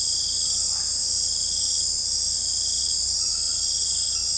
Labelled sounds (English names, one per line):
none